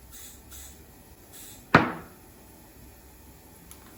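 The second side of a tubeless tire bead on a bicycle rim, still unseated while both sides of the wheel are checked, pops into its seat with a single loud, sharp snap at 1.8 s that rings out and fades over about a quarter second. A faint tick follows at 3.7 s, and the bead is now seated.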